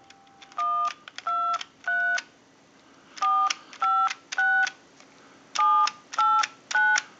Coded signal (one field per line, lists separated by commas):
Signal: DTMF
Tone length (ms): 290 ms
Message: 123 456 789